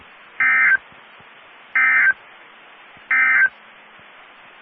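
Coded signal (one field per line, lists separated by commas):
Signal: Emergency Alert System (SAME) tones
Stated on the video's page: Severe thunderstorm watch and warning received from the Amarillo, Texas weather radio transmitter.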